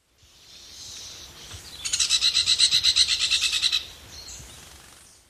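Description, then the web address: Smoky-brown woodpecker rattle: a fast burst of harsh, buzzy notes, roughly eight per second, lasting about two seconds over faint background noise. Recorded in Ecuador. "Natures Songs S America Birds of Ecuador. Smoky-brown Woodpecker"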